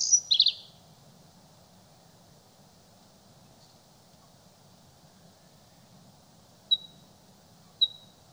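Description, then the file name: Bluethroat singing: a short burst of high buzzy notes, a long pause, then two separate thin whistled notes. "Blauwborst"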